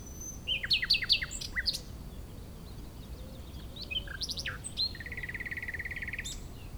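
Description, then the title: Common nightingale song: a fast series of repeated sharp chirps, a pause, then more sharp notes and a long buzzy rattling trill, over breezy background noise. Wild nightingale singing in breeding season, hidden in scrub near Chindrieux, France; sunny day, fairly strong west wind; Zoom H4n Pro on ground tens of metres away in small valley. "Chindrieux, France - Rossignol"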